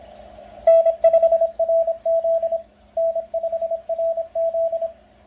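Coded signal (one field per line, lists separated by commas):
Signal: Morse code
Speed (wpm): 27 wpm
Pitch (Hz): 660 Hz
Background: radio noise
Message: N5RZ N5RZ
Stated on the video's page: Linked to a park outing with a battery-powered K1 transceiver.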